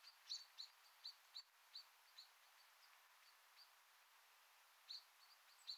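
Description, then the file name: Common blackbird uttering high, clipped chink notes, several in quick succession early on, then a pause and a few more near the end, with soft background hiss. "Turdus merula"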